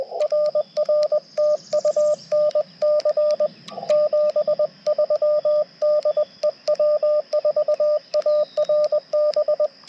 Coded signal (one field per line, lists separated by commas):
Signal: Morse code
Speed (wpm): 20 wpm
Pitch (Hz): 600 Hz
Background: radio noise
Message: RR TU NC 73 DE W4ARB